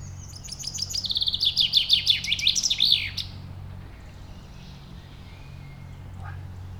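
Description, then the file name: Common chaffinch song: a fast run of bright notes slipping down in pitch over about three seconds, ending in a short flourish, then quiet with a low steady hum. "Fringilla coelebs"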